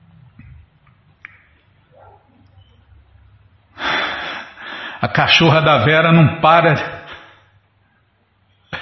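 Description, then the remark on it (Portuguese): A female dog barks repeatedly, without stopping, in a loud, harsh run of overlapping yaps lasting a few seconds, after a quiet stretch with faint low rumbling. “A cachorra da Vera não para de latir,”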